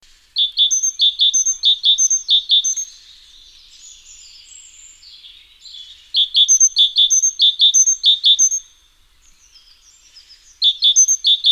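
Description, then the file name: Great tit with bright, ringing two-note phrases repeated in quick runs, separated by quiet gaps of a few seconds, three bursts in all. "Parus major"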